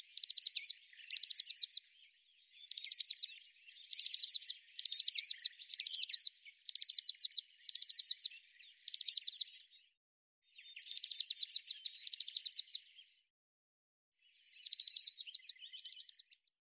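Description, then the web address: Eurasian blue tit giving quick bursts of thin, high, falling notes, each burst under a second, repeated roughly every second with a few longer pauses; background otherwise silent. "cianscape birddata Deverinetal 2025 File cleaned normalized Bird Cy Ca"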